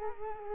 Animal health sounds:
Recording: mosquito wingbeat signal from an infrared sensor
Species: Culex quinquefasciatus

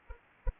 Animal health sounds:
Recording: mosquito wingbeat signal from an infrared sensor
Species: Anopheles arabiensis

